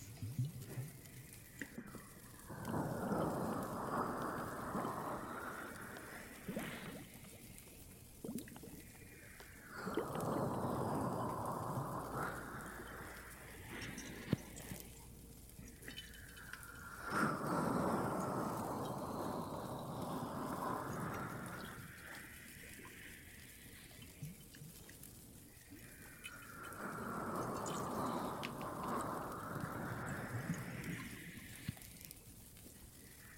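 An ear massage with soft, rushing, water-like swishing that comes in four long swells, each lasting several seconds, starting around 2, 10, 17 and 26 seconds. Quieter pauses fall between them, with a few faint clicks scattered throughout.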